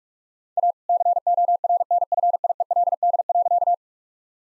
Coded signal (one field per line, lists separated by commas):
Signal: Morse code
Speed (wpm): 46 wpm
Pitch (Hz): 700 Hz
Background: none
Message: A CORNFIELD.